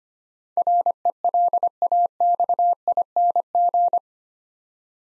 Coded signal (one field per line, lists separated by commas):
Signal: Morse code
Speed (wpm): 25 wpm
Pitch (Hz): 700 Hz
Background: none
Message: RELAXING